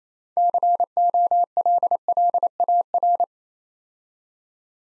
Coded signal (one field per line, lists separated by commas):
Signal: Morse code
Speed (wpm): 27 wpm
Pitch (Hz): 700 Hz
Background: none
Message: COLLAR